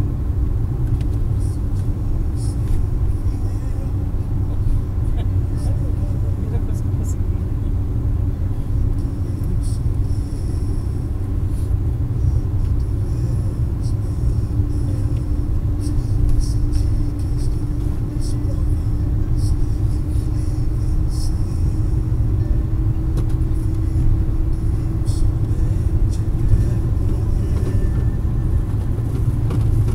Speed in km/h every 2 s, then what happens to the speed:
82, 81, 81, 80, 81, 82, 83, 84, 84, 87, 90, 92, 93, 95, 94.
0-30 speeds up to 94.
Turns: none.